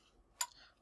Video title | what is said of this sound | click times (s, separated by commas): CompTIA IT Fundamentals (ITF+) FC0-U61 - Full Course | you can hear it click there | 0.4 s